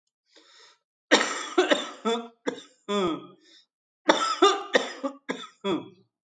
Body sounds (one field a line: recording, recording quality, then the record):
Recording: heavy voluntary cough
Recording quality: excellent, no background noise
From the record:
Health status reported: exposed to COVID-19, no respiratory illness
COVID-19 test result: negative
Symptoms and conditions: cough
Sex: male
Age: 48 years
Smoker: not ticked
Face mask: not worn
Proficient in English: yes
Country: India